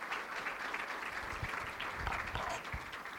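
Steady audience applause at the Expovet veterinary conference, welcoming a veterinary cardiologist as speaker: a dense wash of many hands clapping at an even, moderate loudness throughout, with no voices over it.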